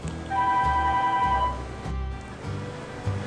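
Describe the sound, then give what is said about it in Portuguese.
A telephone rings with a steady, mid-pitched electronic tone lasting about a second, over a low rumbling background that continues after the ringing stops; the speaker stops recording to answer the call. No one speaks. “Pois é, pessoal, vocês ouviram aí o telefone.”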